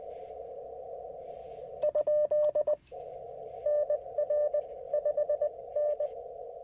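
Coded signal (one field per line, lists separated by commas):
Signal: Morse code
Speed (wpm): 20 wpm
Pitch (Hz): 600 Hz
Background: radio noise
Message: ? NR5N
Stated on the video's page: Slow-paced QRP CW Parks on the Air activation in a national forest using an IC-705 and ATAS antenna.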